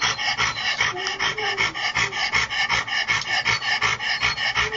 The stridors and the panting, open mouth breathing.